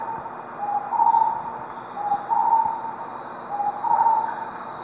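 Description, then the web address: Starred Wood-Quail song, soft low whistled phrases about every one and a half seconds, with a constant buzzing insect background. "Natures Songs S America Eastern Lowlands. Odontophorus stellatus, song"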